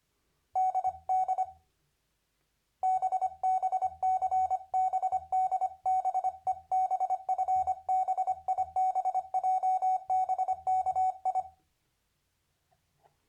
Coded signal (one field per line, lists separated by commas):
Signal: Morse code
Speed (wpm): 25 wpm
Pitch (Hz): 750 Hz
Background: none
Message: DD BB CB DB EB FB IB JB KI